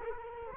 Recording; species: mosquito wingbeat signal from an infrared sensor; Culex quinquefasciatus